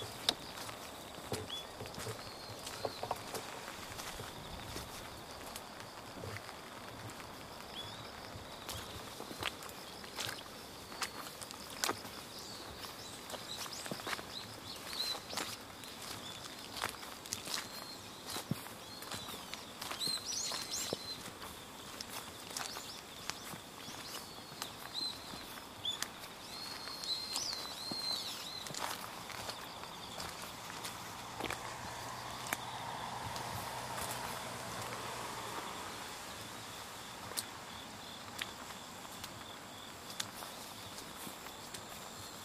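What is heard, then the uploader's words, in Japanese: Footsteps walking along the Tama River in the rain, with a steady hiss of rain and dense, irregular crunches and splashes from start to finish. Around thirty to thirty-six seconds a low rumbling swell passes, like a vehicle, before the steps continue. 雨の多摩川を歩く音。草に溜まった雨粒がざざっと体にかかったり、水たまりを踏んで靴の中まで濡れたり。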